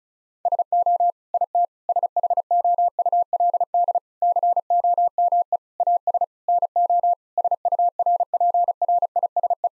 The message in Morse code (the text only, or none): SO IT SHOULD COME AS NO SURPRISE